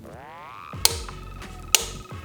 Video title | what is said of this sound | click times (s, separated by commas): Is the Vanpo Torque Wrench Set the Best Budget Option Find Out! | See how it popped there? That means it's at 18 lbs of torque. | 0.9 s, 1.7 s